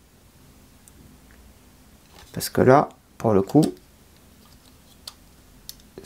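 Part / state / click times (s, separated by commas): plastic dashboard screen into the scale-model dashboard / seated / 5.1 s, 5.7 s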